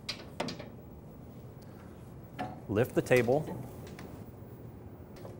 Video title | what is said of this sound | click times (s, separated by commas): Jointer Planer Combo Machine Reviews WOOD magazine with Pros & Concs | it locks into position | 4.0 s